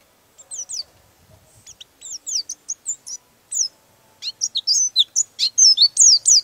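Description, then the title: Bird song starting with sparse, soft, high chirps that grow denser and louder into a rapid, jumbled twittering stream by the end. Used for training songbirds. "Master Burung Jos"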